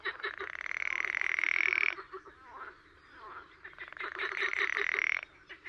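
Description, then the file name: Pool frog croaking: two long rapid pulsed rattles, each one to two seconds, with quieter chattering calls between them. "grenouille de lessona"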